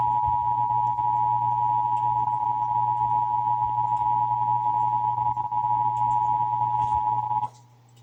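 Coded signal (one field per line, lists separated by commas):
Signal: Emergency Alert System (SAME) tones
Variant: 853 and 960 Hz attention tone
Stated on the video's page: Texas required monthly test heard on several radio and television stations.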